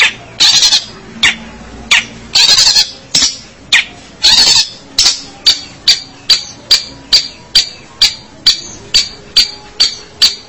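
Long-tailed shrike song: loud harsh rasping bursts at first, then a long run of short high clipped notes spaced evenly.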